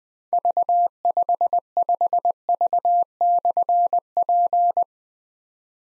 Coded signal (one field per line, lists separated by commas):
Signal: Morse code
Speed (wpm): 20 wpm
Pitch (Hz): 700 Hz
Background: none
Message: V55V/P